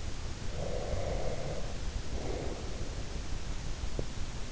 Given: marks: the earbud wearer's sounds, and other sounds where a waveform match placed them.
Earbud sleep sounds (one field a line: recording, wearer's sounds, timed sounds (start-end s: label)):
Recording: sounds in sleep by an in-ear microphone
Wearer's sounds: breath, teeth grinding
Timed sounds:
0.47-3.18 s: breath
3.94-4.07 s: teeth grinding